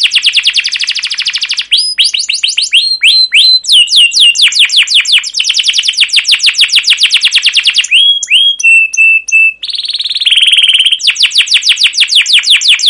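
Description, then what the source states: Canary song, a steady stream of rapid high trills and sweeping chirps, with brief pure whistled notes midway before the fast rolling trills resume. Long rolling chirping song ('cuit cuit ngerol', 'gacor panjang') of a canary, used as a lure and training recording for other canaries.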